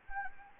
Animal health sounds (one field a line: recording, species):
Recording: mosquito wingbeat signal from an infrared sensor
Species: Anopheles gambiae